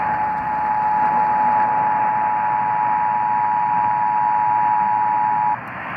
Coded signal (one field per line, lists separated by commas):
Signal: Emergency Alert System (SAME) tones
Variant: 853 and 960 Hz attention tone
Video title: June 2021 Nebraska Required Monthly Test | 6/15/21 | EAS 314